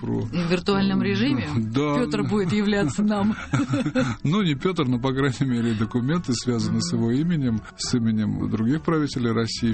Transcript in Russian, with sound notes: В виртуальном режиме Петр будет являться нам? (все смеются)
Ну, не Петр, но, по крайней мере, документы, связанные с его именем, с именем других правителей России.